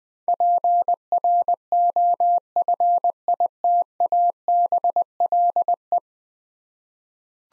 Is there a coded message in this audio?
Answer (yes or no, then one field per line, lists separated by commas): yes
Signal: Morse code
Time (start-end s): 0.3-6.0 s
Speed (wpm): 20 wpm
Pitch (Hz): 700 Hz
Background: none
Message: PROFITABLE